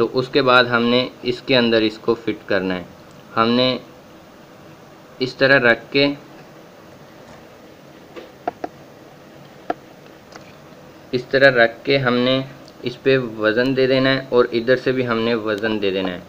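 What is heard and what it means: A plastic laptop keyboard keycap is lined up over its scissor clip mechanism and pressed down, first on one side and then the other, while someone talks. Sharp plastic snaps are heard at 8.5 s and 9.7 s, with a couple of fainter ticks after. The keycap seats onto the mechanism, fitting perfectly and checked to be not stiff.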